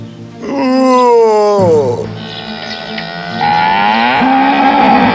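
cow mooing

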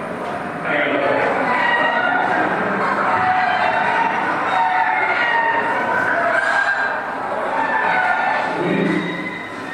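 roosters crowing

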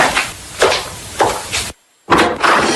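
door being opened

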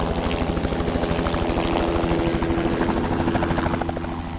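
helicopter flying

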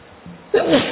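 sneeze

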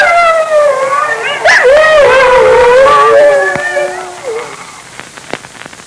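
wolves howling

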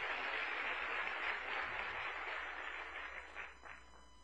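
audience applause

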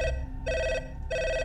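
telephone bell ringing

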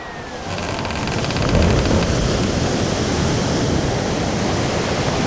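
stormy sea waves crashing

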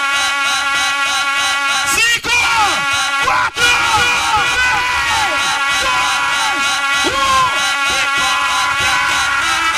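crowd shouting in response

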